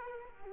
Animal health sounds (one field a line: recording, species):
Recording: mosquito wingbeat signal from an infrared sensor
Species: Culex quinquefasciatus